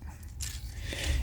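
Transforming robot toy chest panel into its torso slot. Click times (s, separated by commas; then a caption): 0.2 s, 0.4 s. A plastic chest section of a Transformers Studio Series 86 Springer robot toy is folded back on its double hinge during the car-mode transformation and pushed into its torso slot. Two short plastic snaps are heard at 0.2 and 0.4 seconds against a faint low rumble, and the chest section is seated in place.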